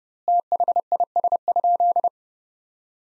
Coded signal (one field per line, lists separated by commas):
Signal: Morse code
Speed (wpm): 30 wpm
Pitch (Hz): 700 Hz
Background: none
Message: THIS?